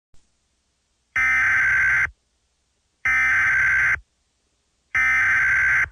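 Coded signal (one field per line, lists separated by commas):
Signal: Emergency Alert System (SAME) tones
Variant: header bursts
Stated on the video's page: Fictional EAS scenario made for entertainment.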